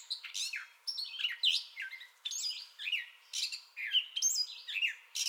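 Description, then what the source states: Gray catbird song: jumbled squeaky and nasal notes, some slurred downward, given in short bursts with brief gaps between phrases. Song bout, recorded 30 May 2021.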